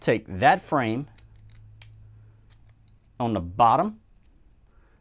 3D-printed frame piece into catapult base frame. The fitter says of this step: and you're going to snap it in and as you can see the frame is pretty much assembled now it's still not stable